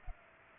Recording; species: mosquito wingbeat signal from an infrared sensor; Culex pipiens